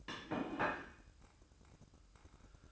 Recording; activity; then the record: daily activity, microphone in the room; place plate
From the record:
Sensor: 2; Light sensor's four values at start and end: 6/15/6/6 and 6/15/6/6